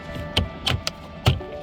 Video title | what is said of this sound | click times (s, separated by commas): How to Replace & Install Side Mirrors on a 2007 Crown Victoria P71 (Full DIY Guide) | Push it all down. Make sure all the clips snapped in place. | 0.4 s, 0.7 s, 0.9 s, 1.3 s